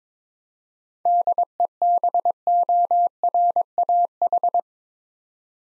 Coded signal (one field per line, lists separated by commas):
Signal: Morse code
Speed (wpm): 21 wpm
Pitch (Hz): 700 Hz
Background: none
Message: DEBORAH